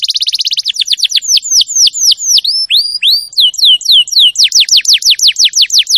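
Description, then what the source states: Canary song with rapid descending whistled sweeps, rolling into varied upswept and downswept notes repeated several times a second, loud and continuous. Champion canary song, used as a master recording for training other birds to sing.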